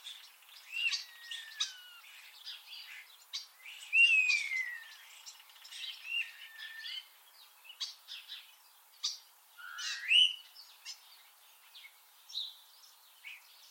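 Common starling calls: busy high chatter with clicks, broken by clear slurred whistles, some dropping in pitch.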